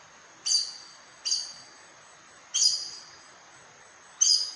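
Aracari: four piercing high squeaks at irregular spacing, each with a brief fading tail, background a soft steady hiss.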